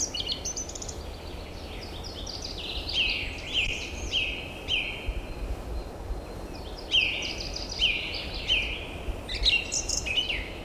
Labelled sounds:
Song Thrush song

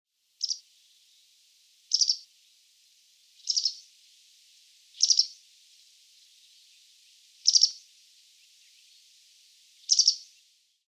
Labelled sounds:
White Wagtail

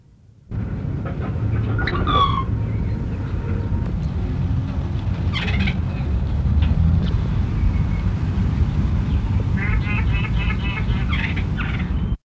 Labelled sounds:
Rufous Treepie call

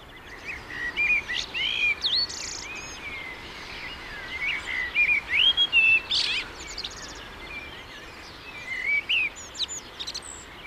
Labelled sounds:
Common Blackbird song

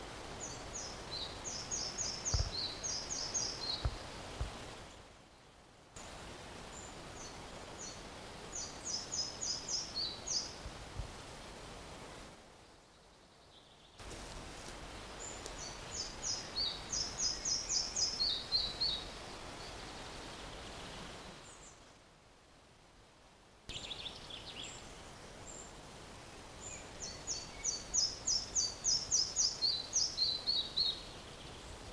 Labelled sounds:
Red-breasted Flycatcher

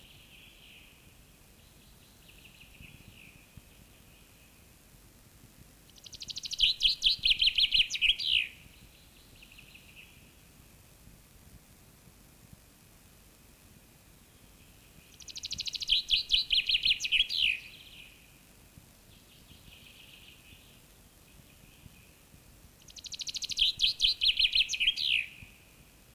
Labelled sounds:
Common Chaffinch song

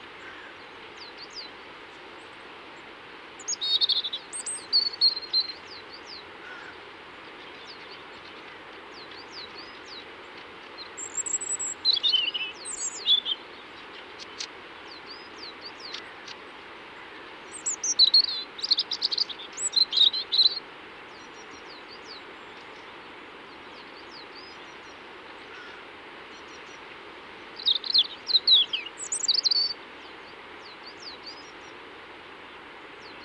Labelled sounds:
European Robin song

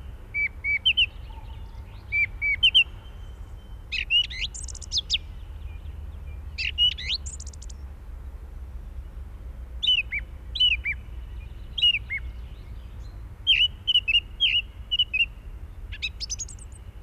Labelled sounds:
Song Thrush song

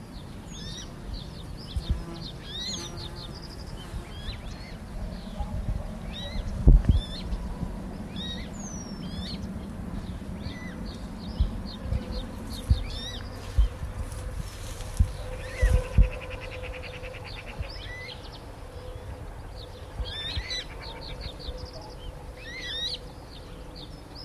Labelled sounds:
Western Marsh Harrier call

